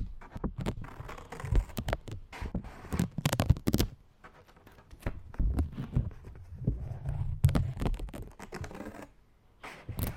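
Scissors cut paper and plastic in a quick run of sharp snips and crisp clicks, spaced irregularly through the ten seconds. Bursts cluster densely around the third and seventh seconds, separated by brief quieter gaps with a faint low rustle underneath.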